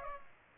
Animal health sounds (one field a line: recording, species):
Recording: mosquito wingbeat signal from an infrared sensor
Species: Aedes aegypti